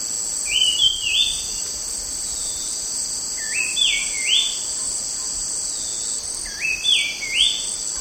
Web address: white-chested babbler